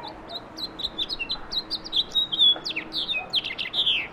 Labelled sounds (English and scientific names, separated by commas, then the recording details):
House Finch (Haemorhous mexicanus) song
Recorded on Long Island, New York, on 17 May 2012
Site AB
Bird B